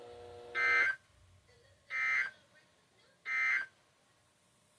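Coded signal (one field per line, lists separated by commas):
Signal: Emergency Alert System (SAME) tones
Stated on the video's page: Required monthly and weekly tests.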